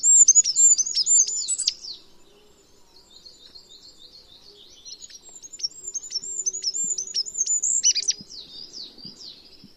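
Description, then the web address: Bird chirping: a loud burst of rapid high notes, then softer scattered twitters that build again into a second lively run. "Bird Only"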